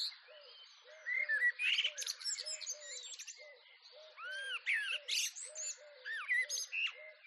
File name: skyclad sound blackbird with other birds in background collared dove dove joins in distance garden at dawn